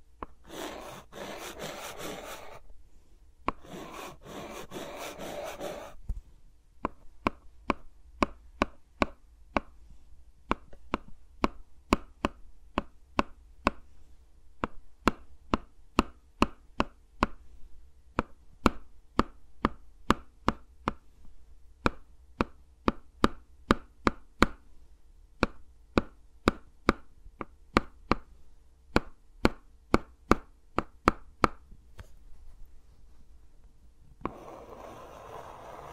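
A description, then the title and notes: Fingers move around the mics, opening and closing with dense rustling bursts around a long middle stretch of sharp, fairly regular tapping clicks. ASMR with Mics Around My Fingers (No Talking).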